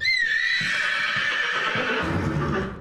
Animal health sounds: contact call of a hoofed animal; horse; whinny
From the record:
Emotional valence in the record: negative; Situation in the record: separation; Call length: 2.8 s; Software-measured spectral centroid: 2300 Hz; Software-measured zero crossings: 3300 a second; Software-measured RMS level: -24 dBFS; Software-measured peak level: -12 dBFS

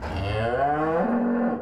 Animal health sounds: contact call of a hoofed animal; cattle; low-frequency (closed-mouth) or high-frequency (open-mouth) call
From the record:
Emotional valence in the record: negative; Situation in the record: full separation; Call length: 1.62 s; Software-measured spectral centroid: 1110 Hz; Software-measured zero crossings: 1180 a second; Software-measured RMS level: -24 dBFS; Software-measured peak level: -13 dBFS

